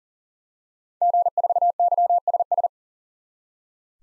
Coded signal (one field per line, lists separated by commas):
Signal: Morse code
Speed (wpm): 40 wpm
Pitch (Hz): 700 Hz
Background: none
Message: G4YSS